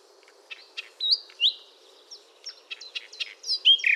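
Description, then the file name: Common nightingale song: scattered clicks and sharp chirps building to louder slurred whistles and a final bright burst, over a soft low hum. "Luscinia megarhynchos"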